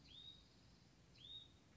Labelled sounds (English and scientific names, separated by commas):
Hutton's Vireo (Vireo huttoni)